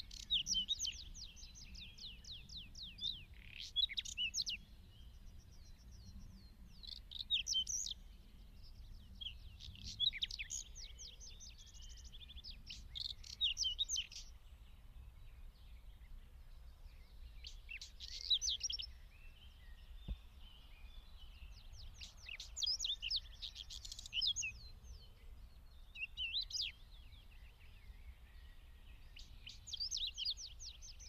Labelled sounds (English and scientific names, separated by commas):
Whinchat (Saxicola rubetra) song